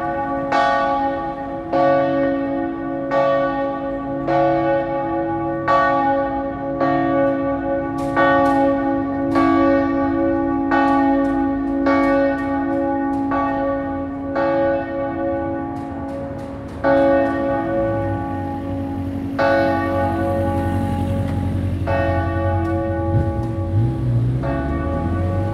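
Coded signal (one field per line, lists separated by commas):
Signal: bell signal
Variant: distesa (full swing)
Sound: a large church bell swinging, ringing about 20 strikes that slow and grow uneven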